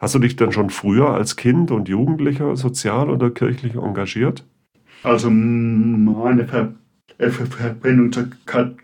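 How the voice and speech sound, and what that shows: An adult male interviewer asks a question in German, followed after a short pause by the start of the interviewee's answer. No speech disorder.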